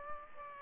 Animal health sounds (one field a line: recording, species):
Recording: mosquito wingbeat signal from an infrared sensor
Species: Aedes aegypti